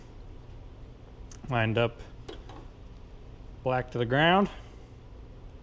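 A plastic wire connector for a new LED headlight on a 1967 Cadillac is lined up and pushed toward its mating plug, black wire to ground, while someone talks. Faint handling ticks and brief sharp taps are heard around 1.4, 2.3 and 2.5 seconds between bursts of speech. The clip ends before the part goes home, so nothing has seated or clicked yet.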